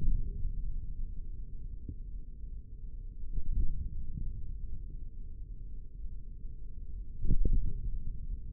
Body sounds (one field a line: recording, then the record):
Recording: forearm muscle sounds (acoustic myography)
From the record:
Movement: index flexion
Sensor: system 3, bracelet of six PUI Audio POM-2738L microphones around the upper forearm, with dedicated amplification and filtering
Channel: 4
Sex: male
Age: 25 years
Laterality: right